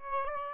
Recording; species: mosquito wingbeat signal from an infrared sensor; Aedes aegypti